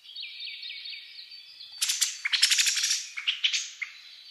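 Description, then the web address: Birds in a dawn chorus: a thin series of repeated notes, then a loud burst of rapid chattering trills and chirps. Dawn chorus recorded 10 May 2010. "reimei -saezuri-20100510-0401"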